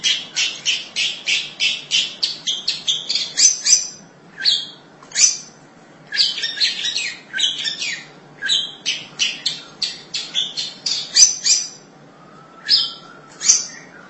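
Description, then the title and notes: Long-tailed shrike song starting as a rapid string of harsh, grating notes, then slowing into spaced scratchy bursts with a few brief rapid runs. "Suara burung pentet"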